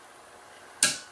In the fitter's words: and you notice now the stress is on here a little click